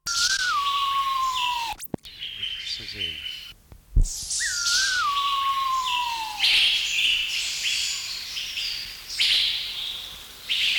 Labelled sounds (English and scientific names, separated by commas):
Pheasant Pigeon (Otidiphaps nobilis) call